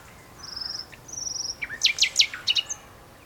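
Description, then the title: Common nightingale song: two thin drawn whistles followed by a quick run of sharp, loud chipping notes. Two nightingales singing in a duet on Westleton Heath. "sanderson nightingale-duet-on-westleton-heath"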